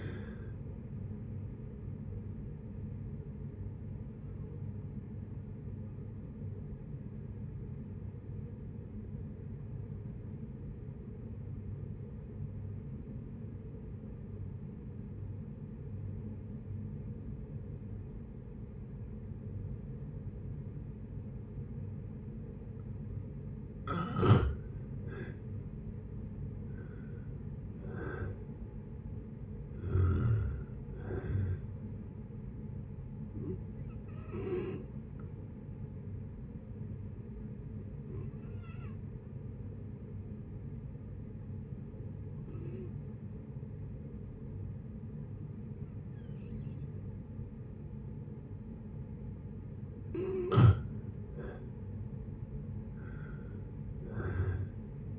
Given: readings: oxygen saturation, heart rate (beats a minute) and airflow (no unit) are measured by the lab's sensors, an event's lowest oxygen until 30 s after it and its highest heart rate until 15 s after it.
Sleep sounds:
breathing in sleep by a smartphone at the bedside; 2
7.00-24.30 s: obstructive apnea (N2, oxygen 96% highest, then 87% lowest, heart rate 70 at the start, 71 highest)
14.00-44.00 s: new sleep stage, N1 (lightest sleep)
35.00-51.00 s: hypopnea (N1, oxygen 96% highest, then 89% lowest, heart rate 71 at the start, 72 highest)
44.00-55.19 s: new sleep stage, N2 (light sleep)
From the record:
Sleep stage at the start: N2 (light sleep); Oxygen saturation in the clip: 87 to 96%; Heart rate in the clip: 60 to 76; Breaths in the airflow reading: 9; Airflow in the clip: -7.3 to 7.3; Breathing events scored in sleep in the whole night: 496 in 5.4 hours asleep

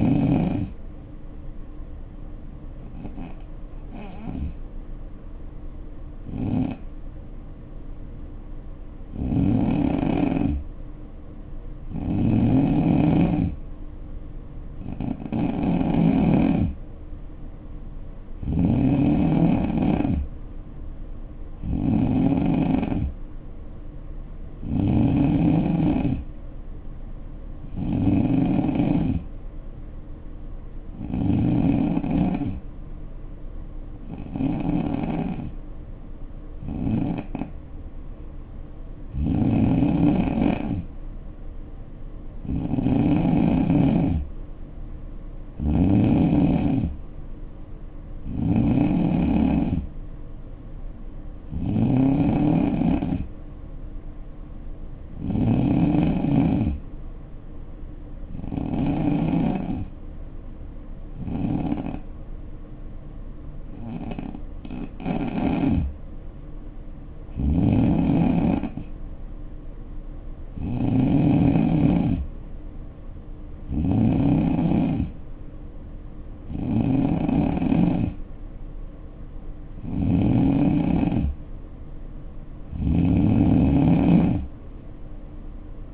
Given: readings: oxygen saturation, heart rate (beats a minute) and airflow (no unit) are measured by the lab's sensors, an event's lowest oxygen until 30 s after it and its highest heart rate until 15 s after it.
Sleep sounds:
breathing in sleep by a smartphone at the bedside; 2
3.00-17.90 s: hypopnea (N2, oxygen 91% highest, then 86% lowest, heart rate 60 at the start, 68 highest)
25.00-85.94 s: new sleep stage, N3 (deep sleep)
31.00-45.20 s: hypopnea (N3, oxygen 90% highest, then 87% lowest, heart rate 67 at the start, 69 highest)
From the record:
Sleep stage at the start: N2 (light sleep); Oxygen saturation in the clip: 86 to 91%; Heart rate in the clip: 59 to 69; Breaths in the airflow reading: 27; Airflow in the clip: -6.5 to 4.8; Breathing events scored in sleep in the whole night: 520 in 7.2 hours asleep

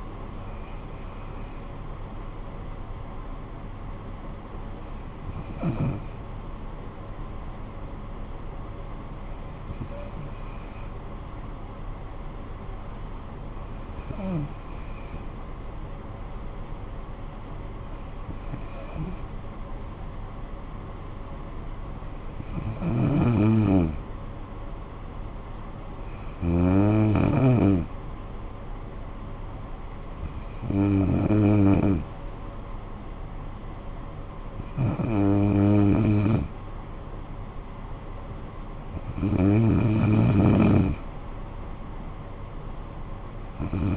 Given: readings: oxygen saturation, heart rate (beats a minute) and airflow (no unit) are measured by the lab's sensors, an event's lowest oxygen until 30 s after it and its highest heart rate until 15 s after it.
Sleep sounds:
breathing in sleep by a smartphone at the bedside; 1
7.00-29.30 s: hypopnea (N2, oxygen 95% highest, then 92% lowest, heart rate 56 at the start, 63 highest)
From the record:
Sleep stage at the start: N2 (light sleep); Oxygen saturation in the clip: 92 to 95%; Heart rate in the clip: 54 to 66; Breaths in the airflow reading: 10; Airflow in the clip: -11.3 to 6.7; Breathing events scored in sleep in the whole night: 445 in 7.6 hours asleep

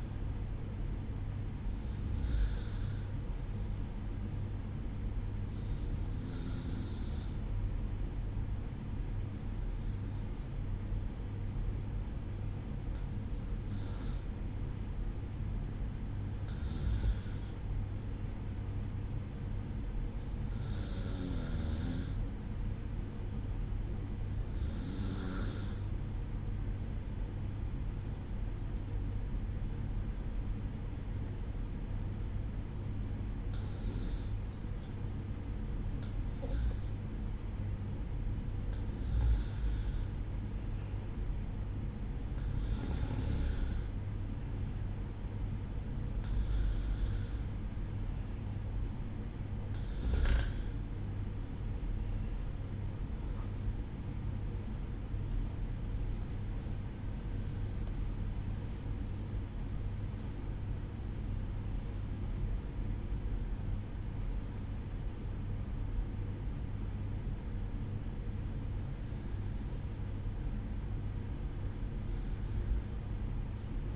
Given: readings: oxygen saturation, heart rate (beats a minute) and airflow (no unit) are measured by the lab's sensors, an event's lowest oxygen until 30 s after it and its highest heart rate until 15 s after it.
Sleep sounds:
breathing in sleep by a smartphone at the bedside; 1
25.00-63.90 s: hypopnea (N1, oxygen 95% highest, then 94% lowest, heart rate 57 at the start, 67 highest)
From the record:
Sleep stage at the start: N1 (lightest sleep); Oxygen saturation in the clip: 93 to 96%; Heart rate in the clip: 56 to 67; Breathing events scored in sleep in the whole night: 305 in 9.6 hours asleep

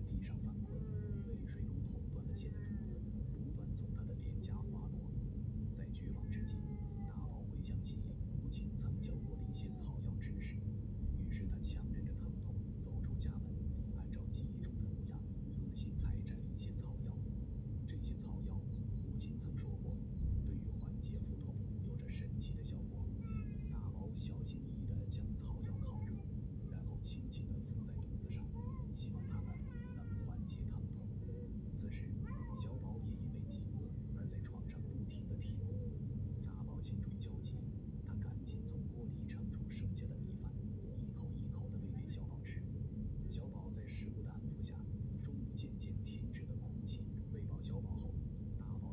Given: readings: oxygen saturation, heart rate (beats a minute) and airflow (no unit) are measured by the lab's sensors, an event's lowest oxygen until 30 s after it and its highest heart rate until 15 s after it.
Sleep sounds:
a person awake in a sleep study, by a smartphone at the bedside; none
0.00-48.93 s: awake
From the record:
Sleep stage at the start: awake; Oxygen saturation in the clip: 94 to 96%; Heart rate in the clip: 64 to 71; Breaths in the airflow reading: 9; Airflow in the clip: -3.9 to 5.4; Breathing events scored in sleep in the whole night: 131 in 7.2 hours asleep

